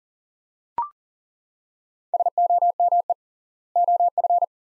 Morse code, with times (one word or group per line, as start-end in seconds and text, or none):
2.1-3.1 SOME
3.8-4.4 OF